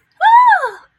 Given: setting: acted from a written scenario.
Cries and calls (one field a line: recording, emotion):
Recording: vocal sound without words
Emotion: positive surprise